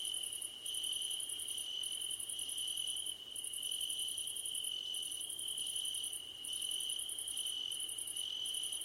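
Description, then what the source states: Several crickets calling together: one even high trill held throughout, a piercing pulsed trill in repeated bursts of about a second, and softer intermittent notes between them. Crickets calling at night under a starlit sky.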